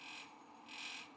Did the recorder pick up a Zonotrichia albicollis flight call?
no